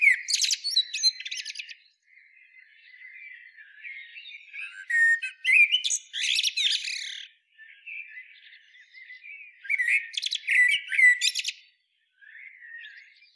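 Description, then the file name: Common blackbird song, with mellow fluted phrases alternating with high, chattering twitters, repeated in about three bursts. "Turdus merula"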